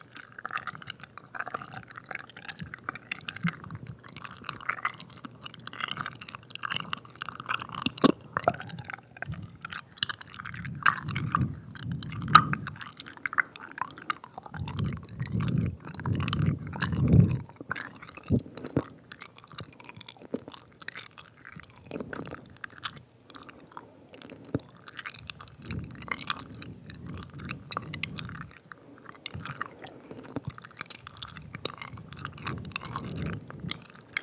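Intense, wet mouth sounds: dense clicks, smacks and squishy chewing noises crackle almost continuously for the whole stretch. Lower, softer murmuring swells come and go around 11, 15–17, 26–28 and 32 seconds beneath the busy clicking.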